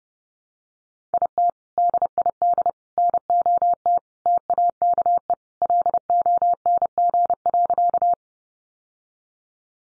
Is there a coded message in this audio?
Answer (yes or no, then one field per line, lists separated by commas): yes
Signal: Morse code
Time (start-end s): 1.1-8.1 s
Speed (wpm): 30 wpm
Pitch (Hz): 700 Hz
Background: none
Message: IT DID NOT TAKE LONG.